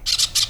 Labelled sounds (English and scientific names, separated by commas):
Brown-throated Parakeet (Eupsittula pertinax) contact call